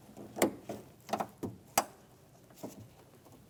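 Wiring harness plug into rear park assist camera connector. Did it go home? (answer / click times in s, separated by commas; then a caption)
no / none. The electrical plug of the rear park-assist camera wiring harness on a 2016-2025 Chevrolet Malibu is handled at the camera's plastic connector, which has a red locking tab. Scattered soft rustles and taps are heard, with short sharp knocks at about 0.4, 1.8 and 3.5 seconds. Nothing has seated or clicked yet.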